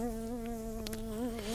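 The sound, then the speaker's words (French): A housefly buzzes steadily on its own around sugar cubes and a whisky bottle, a low droning hum that wavers slightly in pitch, with a couple of faint clicks partway through. “Si cette sacrée mouche pouvait venir se poser sur mon sucre”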